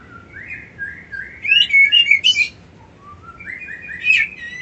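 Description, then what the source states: White-eye song: a flowing, rising warble of high whistled notes building to a busy twitter, then a fresh rising phrase after a short pause. Song style known locally as ngerol ngalas.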